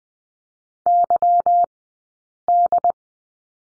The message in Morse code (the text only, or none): YD